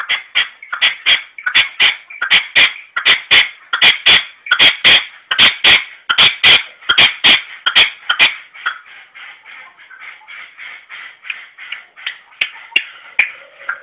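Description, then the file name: Red-legged partridge giving harsh, rhythmic chuffing calls in quick repeated bursts, then fading into softer, scattered notes toward the end. "perdiz roja-sonido"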